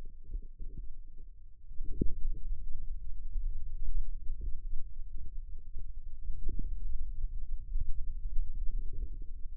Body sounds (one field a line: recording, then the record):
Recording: forearm muscle sounds (acoustic myography)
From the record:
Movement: pen grasping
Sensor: system 2, bracelet of six BSWA MPA416 microphones around the upper forearm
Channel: 5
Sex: male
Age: 22 years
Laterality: right